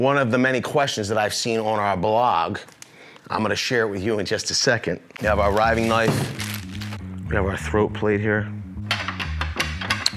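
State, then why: Seated. A throat plate is set into the tabletop opening of a Flex 10-inch table saw and pressed down until it snaps into place, seating with a sharp click at 10.1 s. Someone talks over background music, and several handling knocks come just before the final click.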